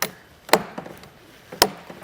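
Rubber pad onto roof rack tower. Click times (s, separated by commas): 0.0 s, 1.6 s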